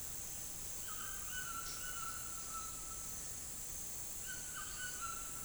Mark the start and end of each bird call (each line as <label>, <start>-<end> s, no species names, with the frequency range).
bird call (0.6-3.4 kHz), 0.72-3.16 s
bird call (0.8-3.3 kHz), 4.14-5.44 s